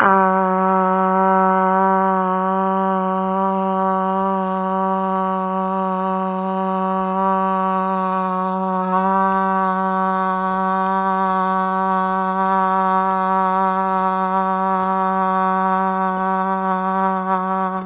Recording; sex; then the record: sustained vowel /a/; female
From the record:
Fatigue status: fatigue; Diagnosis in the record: COVID-19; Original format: 3gp